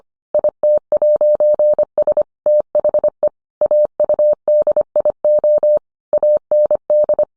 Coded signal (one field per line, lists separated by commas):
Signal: Morse code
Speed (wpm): 25 wpm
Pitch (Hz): 600 Hz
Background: none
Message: IT'S THE AUDIO AND